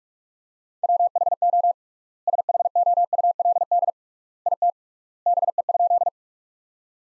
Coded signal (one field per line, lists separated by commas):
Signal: Morse code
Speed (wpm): 46 wpm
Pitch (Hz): 700 Hz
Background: none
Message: WHO SHOULD IT BE?